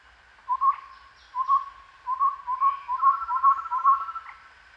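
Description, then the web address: Chestnut-rumped babbler calling a run of low, hollow hoots about twice a second, ending in a steadier trilled stretch, with faint higher chirps behind. Recorded at Danum on 1 April 2006. "DANUM 20060401. sound chestnut-rumped babbler"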